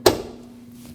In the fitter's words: come down to the bottom, same thing, listen for your click,